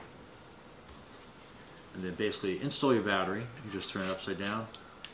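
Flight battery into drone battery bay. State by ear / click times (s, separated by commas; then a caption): not seated / none. A plastic flight battery pack is handled beside the battery bay of a FERIETELF T6 drone as the drone is about to be turned upside down for installing it. After about two seconds of quiet background, someone talks for the rest of the clip. The battery has not clicked into place yet and nothing has seated.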